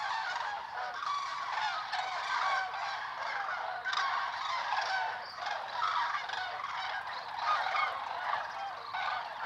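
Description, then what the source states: Common cranes calling as a flock, a dense, continuous chorus of overlapping trumpeting and honking calls that never pauses. Wild flock at migration stopover, Lac du Der reservoirs, eastern France, November; over 200,000 cranes counted; most continue to Spain; Nagra Seven recorder, MKH8020 stereo microphones.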